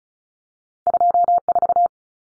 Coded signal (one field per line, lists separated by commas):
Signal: Morse code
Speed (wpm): 34 wpm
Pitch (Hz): 700 Hz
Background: none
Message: 24